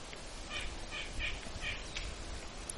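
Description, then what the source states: White-breasted nuthatch calling, several faint notes against background noise. Deeper sound than the red-breasted nuthatch, a little further away; white-breasted nuthatches fairly rare up the Gunflint Trail.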